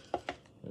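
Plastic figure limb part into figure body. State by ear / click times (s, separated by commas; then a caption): seated / 0.1 s, 0.3 s. A plastic limb part of a 2023 Transformers Rise of the Beasts Airazor transforming action figure is pushed into the figure body after the leg has been re-positioned correctly. Two sharp hard-plastic clicks ring out at 0.1 s and 0.3 s, followed by a softer, low handling sound near 0.7 s. The part clicks into place and is seated.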